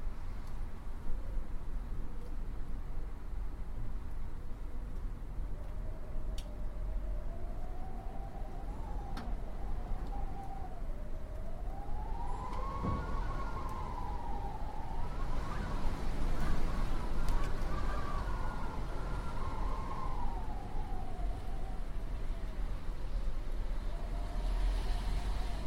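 Wind blows steadily with a constant low rumble underneath, and a thin wavering whistle rises and falls in pitch through the middle of the recording, swelling around twelve to eighteen seconds. A few faint clicks and brief brighter gusts break through now and then.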